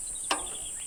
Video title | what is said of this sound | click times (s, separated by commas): A Close Encounter - #Serengeti #Safarilive #Tanzania - Episode 8 | There, you heard the click. The click is when the next pin is engaging, | 0.3 s